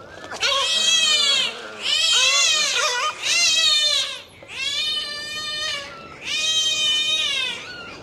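Dolphin whistles in five long bursts, each a rich tonal whistle that rises and bends, separated by short pauses.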